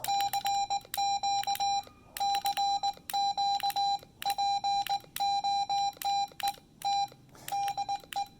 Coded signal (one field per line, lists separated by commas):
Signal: Morse code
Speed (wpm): 19 wpm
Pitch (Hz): 800 Hz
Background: none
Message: CQ CQ POTE T DE